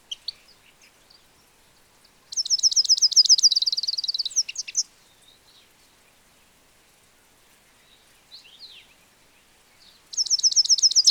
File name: Carduelis carduelis